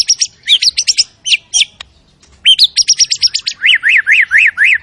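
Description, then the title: White-rumped shama singing high rapid notes and trills, a short pause, then a run of repeated high notes ending in several rising-falling whistles. Lure sound of an energetic white-rumped shama singing its full repertoire, meant to stir up other shamas. "PANCINGAN MURAI BATU. MURAI GACOR SUPER EDAN SEMUA MATERI DI KELUARIN COCOK BUAT DONGKRAK EMOSI. SHAMA BIRD"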